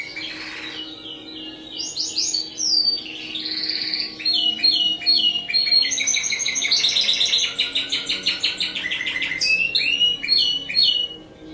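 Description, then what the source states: Canary song, a long continuous run of rapid rolling trills and repeated high notes, shifting between tours with barely a pause. Spanish Timbrado canary; long rolling song.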